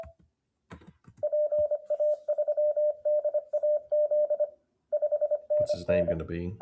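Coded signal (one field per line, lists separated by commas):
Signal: Morse code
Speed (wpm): 25 wpm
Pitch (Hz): 600 Hz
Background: speech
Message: PA3DAZ 5NN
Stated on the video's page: Demonstration of a CW trainer emulating Morse Runner and RufzXP.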